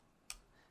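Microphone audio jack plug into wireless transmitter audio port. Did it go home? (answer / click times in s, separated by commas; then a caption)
yes / 0.3 s. A microphone's audio jack plug is pushed into the audio port of a wireless transmitter and seats with a single sharp, bright click at 0.3 s. The click stands out from an otherwise quiet background, and the plug is seated.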